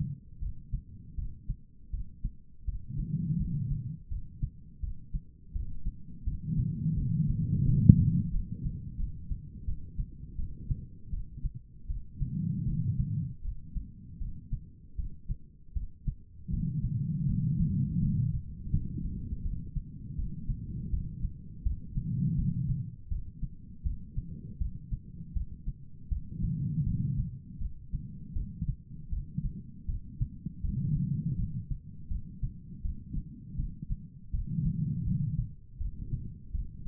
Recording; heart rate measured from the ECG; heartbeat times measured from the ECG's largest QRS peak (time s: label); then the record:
heart sounds by stethoscope; 81 bpm
0.40 s: heartbeat
1.16 s: heartbeat
1.92 s: heartbeat
2.66 s: heartbeat
3.38 s: heartbeat
4.09 s: heartbeat
4.81 s: heartbeat
5.53 s: heartbeat
6.25 s: heartbeat
6.96 s: heartbeat
7.64 s: heartbeat
8.31 s: heartbeat
8.97 s: heartbeat
9.66 s: heartbeat
10.37 s: heartbeat
11.11 s: heartbeat
11.88 s: heartbeat
12.66 s: heartbeat
13.42 s: heartbeat
14.19 s: heartbeat
14.97 s: heartbeat
15.74 s: heartbeat
16.51 s: heartbeat
17.26 s: heartbeat
18.00 s: heartbeat
18.71 s: heartbeat
19.43 s: heartbeat
20.16 s: heartbeat
20.91 s: heartbeat
21.64 s: heartbeat
22.36 s: heartbeat
23.09 s: heartbeat
23.84 s: heartbeat
24.59 s: heartbeat
25.34 s: heartbeat
26.10 s: heartbeat
26.84 s: heartbeat
27.59 s: heartbeat
28.34 s: heartbeat
29.10 s: heartbeat
29.87 s: heartbeat
30.62 s: heartbeat
31.37 s: heartbeat
32.09 s: heartbeat
32.83 s: heartbeat
33.57 s: heartbeat
34.32 s: heartbeat
35.05 s: heartbeat
35.79 s: heartbeat
36.53 s: heartbeat
From the record:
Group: healthy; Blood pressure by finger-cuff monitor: 99/67 mmHg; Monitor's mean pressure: 82 mmHg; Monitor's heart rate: 81 bpm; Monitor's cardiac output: 5.3 L/min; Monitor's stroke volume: 65 mL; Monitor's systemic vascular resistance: 1110 dyn s/cm5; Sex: female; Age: 51 years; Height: 162 cm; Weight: 70.04 kg